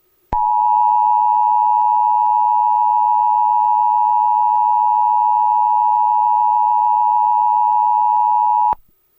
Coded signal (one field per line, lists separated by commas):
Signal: Emergency Alert System (SAME) tones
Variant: 853 and 960 Hz attention tone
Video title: USA EAS Alarm (August 18, 2022) By @JKCL-Official